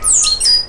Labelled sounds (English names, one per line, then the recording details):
Stitchbird song
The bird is a male
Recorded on Tiritiri Matangi Island, New Zealand, in 2005
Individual 12, of nest box 16